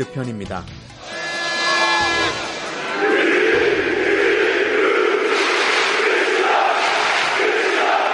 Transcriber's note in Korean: 녹취: 축구 경기 현장음